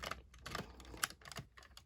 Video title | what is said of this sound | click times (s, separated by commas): Transformers generation one Galaxy shuttle unboxing review. G1 complete collection victory zone | in it goes clicks into place there we go | 1.0 s